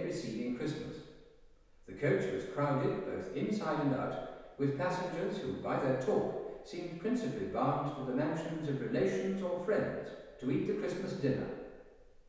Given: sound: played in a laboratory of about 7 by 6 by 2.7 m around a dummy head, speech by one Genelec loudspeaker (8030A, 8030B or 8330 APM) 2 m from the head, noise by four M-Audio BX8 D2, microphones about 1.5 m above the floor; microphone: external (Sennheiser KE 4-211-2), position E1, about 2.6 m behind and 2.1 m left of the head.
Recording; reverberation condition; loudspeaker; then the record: male speech in English; high; 90 degrees to the right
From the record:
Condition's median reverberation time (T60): about 1300 ms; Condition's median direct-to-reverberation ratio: about -4.0 dB